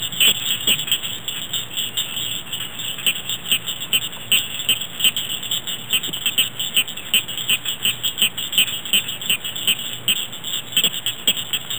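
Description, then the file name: Northern cricket frog giving sharp clicks in irregular runs of several per second, over a steady high-pitched chorus hiss. "Golosa amfibij - Kvaksha cshyolkayucshaya Acris crepitans"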